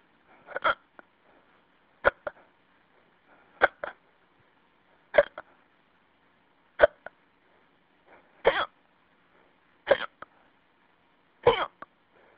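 An adult's hiccups over a phone line: eight sharp, abrupt gulping hiccups at a fairly steady pace of about one every one and a half seconds, roughly 39 a minute. Each is a brief, clicky catch in the throat, some with a small trailing sound, over faint phone-line hiss.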